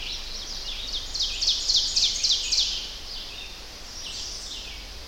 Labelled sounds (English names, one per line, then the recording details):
Ovenbird song
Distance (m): 35 m
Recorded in boreal forest in Alberta, Canada, on 10 June 2016 at 05:52
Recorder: SongMeter 3, array SBT-3-39
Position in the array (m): 208 m, 164 m
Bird 17